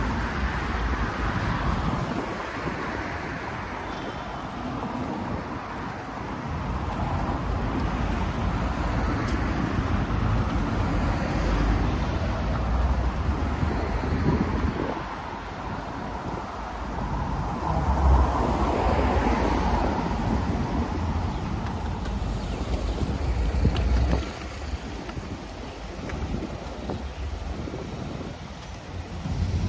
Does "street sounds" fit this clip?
yes